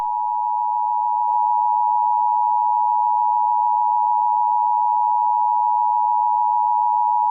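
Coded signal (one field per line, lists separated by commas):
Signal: Emergency Alert System (SAME) tones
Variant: 853 and 960 Hz attention tone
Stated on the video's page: Mock EAS scenario for swine flu, with valid EAS tones.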